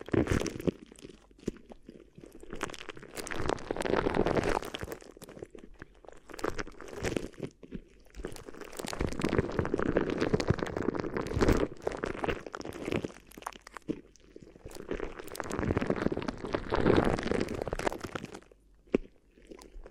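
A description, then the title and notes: Crinkly rustling and crunching rub on and off, in dense bursts around 3–5, 9–12 and 15–18 seconds with quieter gaps between. ASMR Addictive Crinkly Ear Massage (No Talking).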